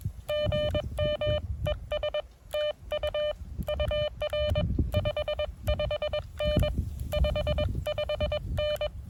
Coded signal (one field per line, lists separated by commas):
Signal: Morse code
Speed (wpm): 22 wpm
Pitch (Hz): 600 Hz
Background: none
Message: GM ES TU UR 55N 55N